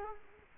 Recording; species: mosquito wingbeat signal from an infrared sensor; Culex quinquefasciatus